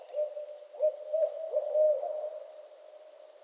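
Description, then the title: Barred owl hoots in a rolling, wavering series that peaks early then trails off into quieter, drawn-out notes. Owls calling during mating season in northern Michigan. "Barred Owl Mating Season in Northern Michigan"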